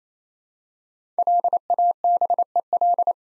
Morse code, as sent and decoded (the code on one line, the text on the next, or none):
.-.. .- -... . .-..
LABEL